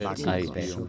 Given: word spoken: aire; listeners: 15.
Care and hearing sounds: one Spanish word in noise, from a listening test; four-talker babble; 0.8 dB; 0 of 15; 6 of 15; 0.49 s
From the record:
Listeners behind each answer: 6, 3, 2, 1, 1, 1, 1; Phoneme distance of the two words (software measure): 27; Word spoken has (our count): 2 syllables, 4 phonemes, stress on syllable 1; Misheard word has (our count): 2 syllables, 5 phonemes, stress on syllable 1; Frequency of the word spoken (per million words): 170.81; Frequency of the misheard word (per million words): 1.98

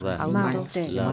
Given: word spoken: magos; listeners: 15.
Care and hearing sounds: one Spanish word in noise, from a listening test; four-talker babble; -2.0 dB; 0 of 15; 10 of 15; 0.72 s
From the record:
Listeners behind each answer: 10, 2, 1, 1, 1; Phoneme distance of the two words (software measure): 31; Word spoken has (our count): 2 syllables, 5 phonemes, stress on syllable 1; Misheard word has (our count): 2 syllables, 4 phonemes, stress on syllable 2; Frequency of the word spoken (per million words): 5.02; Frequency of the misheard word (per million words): 12.41

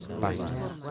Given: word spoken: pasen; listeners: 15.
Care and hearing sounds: one Spanish word in noise, from a listening test; eight-talker babble; -1.9 dB; 0 of 15; 10 of 15; 0.51 s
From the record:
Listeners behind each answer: 10, 2, 1, 1, 1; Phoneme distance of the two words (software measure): 20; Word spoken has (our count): 2 syllables, 5 phonemes, stress on syllable 1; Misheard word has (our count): 2 syllables, 5 phonemes, stress on syllable 1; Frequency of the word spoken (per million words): 7.32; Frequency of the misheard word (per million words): 7.13

